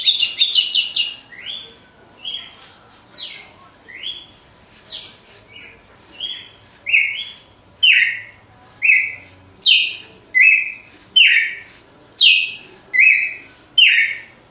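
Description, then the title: Red-cowled cardinal song: a long series of sweeping whistled notes, roughly one per second, at higher and lower pitches, louder in the second half, over a faint steady hum. Female bird; recorded after the moult; song in a singing contest. "Canto Galo Campina Fêmea. GALO DE CAMPINA DEPOIS DA MUDA (disputa)"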